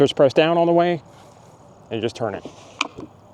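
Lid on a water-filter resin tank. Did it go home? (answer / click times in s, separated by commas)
yes / 2.8 s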